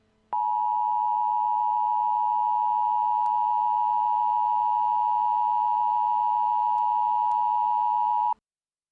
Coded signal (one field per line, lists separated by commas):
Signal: Emergency Alert System (SAME) tones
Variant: 853 and 960 Hz attention tone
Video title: EAS Scenario #21: Creeper Invasion 2